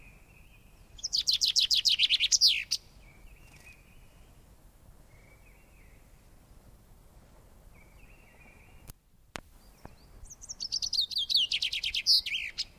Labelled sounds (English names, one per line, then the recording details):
Common Chaffinch
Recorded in the wild
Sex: male
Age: adult
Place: Kaiserslautern, Rheinland-Pfalz, DE
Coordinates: 49.4372, 7.80972
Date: 1962-04-09
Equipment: Stellavox SM 5, Original, Vollspur
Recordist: Tretzel, Erwin
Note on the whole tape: Kaiserslautern, Dorado (eigene Bezeichnung, verwildertes Gebiet). Männchen: Gesang und Rufe